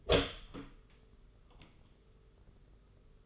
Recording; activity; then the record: daily activity, microphone in the room; open door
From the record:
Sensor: 4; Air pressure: 991.2 hPa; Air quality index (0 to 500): 134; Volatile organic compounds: 47 ppm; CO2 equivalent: 3255 ppm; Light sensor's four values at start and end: 9/21/8/9 and 14/35/13/15